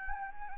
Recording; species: mosquito wingbeat signal from an infrared sensor; Anopheles gambiae